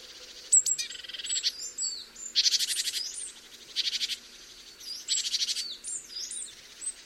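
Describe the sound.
Great tit calls: repeated harsh, rapidly pulsed churring rattles, interleaved with high thin whistles and chirps.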